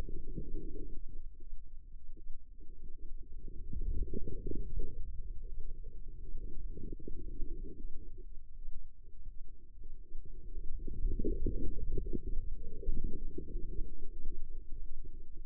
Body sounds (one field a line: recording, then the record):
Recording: forearm muscle sounds (acoustic myography)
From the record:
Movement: inward rotation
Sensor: system 2, bracelet of six BSWA MPA416 microphones around the upper forearm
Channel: 2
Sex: female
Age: 25 years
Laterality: right